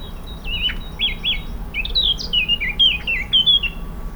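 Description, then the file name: Eurasian blackcap warbling song, a rapid string of slurred, twisting whistled notes, some rising and falling, delivered in quick succession with a low hum underneath. "Sylvia atricapilla"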